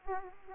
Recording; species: mosquito wingbeat signal from an infrared sensor; Aedes aegypti